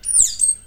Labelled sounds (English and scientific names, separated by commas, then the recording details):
Stitchbird (Notiomystis cincta) song
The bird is a male
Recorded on Tiritiri Matangi Island, New Zealand, in 2005
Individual 11, of nest box 13